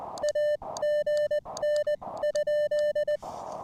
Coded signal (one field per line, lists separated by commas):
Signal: Morse code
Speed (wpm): 20 wpm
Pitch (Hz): 1800 Hz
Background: none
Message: AGN?